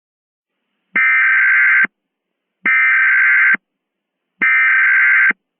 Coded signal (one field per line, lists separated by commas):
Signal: Emergency Alert System (SAME) tones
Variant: header bursts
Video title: EAS Mock: SCP-096